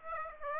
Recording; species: mosquito wingbeat signal from an infrared sensor; Aedes aegypti